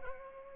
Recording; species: mosquito wingbeat signal from an infrared sensor; Culex pipiens